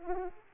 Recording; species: mosquito wingbeat signal from an infrared sensor; Aedes aegypti